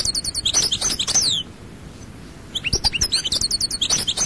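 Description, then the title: European goldfinch: a brief burst of bright, downslurred twittering notes, silence for about a second, then rapid chirping song resumes. "Chant Chardonneret"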